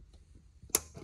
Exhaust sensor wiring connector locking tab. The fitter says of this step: really hard and you hear a click so that's the Locking tab releasing